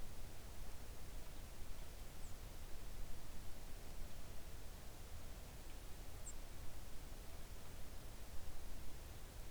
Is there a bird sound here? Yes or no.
yes